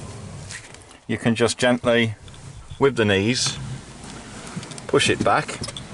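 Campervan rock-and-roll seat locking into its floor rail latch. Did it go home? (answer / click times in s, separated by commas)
no / none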